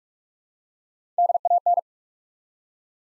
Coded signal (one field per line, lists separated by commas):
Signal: Morse code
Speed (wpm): 44 wpm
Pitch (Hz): 700 Hz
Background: none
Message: DAN